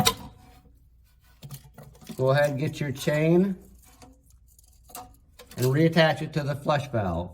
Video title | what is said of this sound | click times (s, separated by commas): HERO DIY Workshops: Common Toilet Repairs | you want to push down until you feel the ears kind of snap into place | 0.1 s